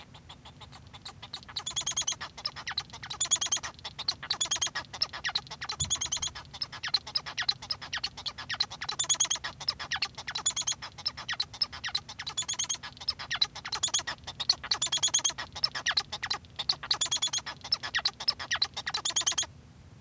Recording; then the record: song of a male Bengalese finch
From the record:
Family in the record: son of father 1